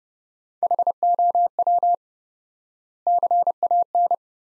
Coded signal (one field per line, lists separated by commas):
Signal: Morse code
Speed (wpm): 30 wpm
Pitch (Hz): 700 Hz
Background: none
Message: HOW CAN